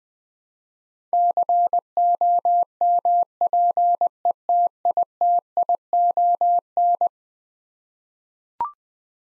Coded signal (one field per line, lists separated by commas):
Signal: Morse code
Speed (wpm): 20 wpm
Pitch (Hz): 700 Hz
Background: none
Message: COMPETITION